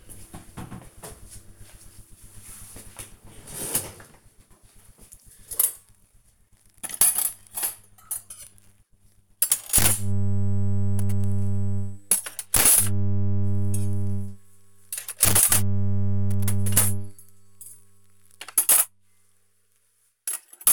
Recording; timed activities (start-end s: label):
household activities, microphone on the right wrist
3.71-20.73 s: putting away the dishes